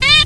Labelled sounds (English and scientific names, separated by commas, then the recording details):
Zebra Finch (Taeniopygia guttata) distance call
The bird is a female
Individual fem2